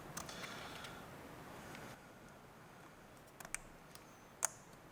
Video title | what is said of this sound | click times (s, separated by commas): 1 Step Colder NGK Spark Plugs Focus ST | slide it in do you hear the click and then click again on the white tab all right | 3.5 s, 4.4 s